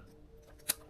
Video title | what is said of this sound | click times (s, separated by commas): 2021 HONDA CB1000r Heated Grips | Hear the click. | 0.7 s